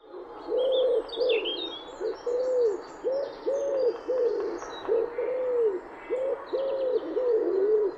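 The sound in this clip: Bird giving a run of low, rounded coos in a repeating rhythm, while other birds add faint higher chirps and twitters in the background.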